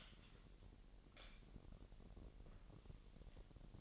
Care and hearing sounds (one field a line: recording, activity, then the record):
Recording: daily activity, microphone in the room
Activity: light on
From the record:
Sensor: 4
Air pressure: 1012.7 hPa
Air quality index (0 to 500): 247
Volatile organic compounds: 4 ppm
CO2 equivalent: 1682 ppm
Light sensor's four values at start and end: 15/35/14/14 and 17/45/18/19